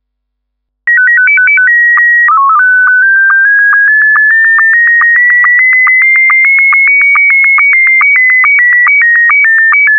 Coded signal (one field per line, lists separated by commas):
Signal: SSTV (slow-scan television)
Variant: Scottie 1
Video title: Lobo205 SSTV Scottie 1